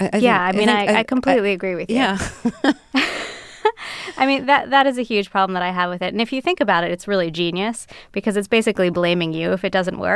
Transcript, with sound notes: Yeah, I completely agree with you.
Yeah.
(LAUGHTER) I mean, that is a huge problem that I had with it. And if you think about it, it's really genius because it's basically blaming you if it doesn't work.